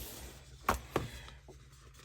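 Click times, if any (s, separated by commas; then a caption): 0.7 s. A thin metal cutting die is pressed into its slot in a plastic hybrid embossing folder, positioned over a stamped image. A sharp click at 0.7 s is followed by a second short snap at 1.0 s and a faint tick at 1.3 s over a quiet background. The die locks into place in the folder.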